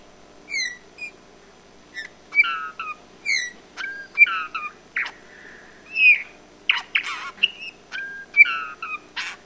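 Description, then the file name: Eurasian bullfinch repeating mellow whistled calls with rich overtones, some falling in pitch, interspersed with brief scratchy clicks. "Pyrrhula pyrrhula"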